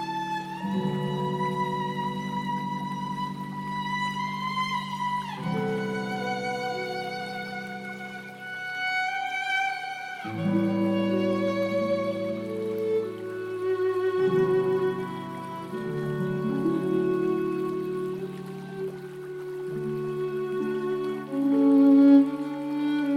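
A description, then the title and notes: Slow violin music plays over sustained low chords that change roughly every five seconds, with long held notes and gentle slides. A soft, steady wash of river sound runs underneath throughout, with the music swelling slightly near the end. Relaxing violin music with sounds of a river. Relaxing violin music with river sound.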